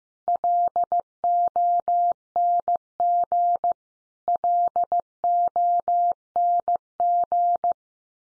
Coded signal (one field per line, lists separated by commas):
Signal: Morse code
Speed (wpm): 15 wpm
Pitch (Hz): 700 Hz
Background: none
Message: LONG LONG